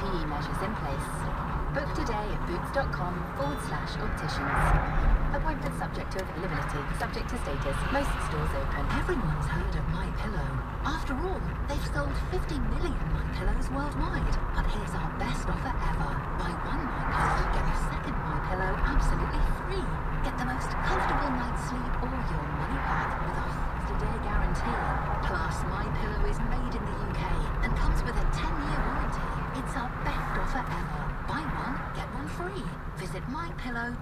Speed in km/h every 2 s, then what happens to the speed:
27, 26, 23, 23, 24, 24, 27, 27, 27, 27, 27, 26, 26, 27, 26, 23, 16.
0-27 steady at about 26. 27-34 slows to 16.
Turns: none.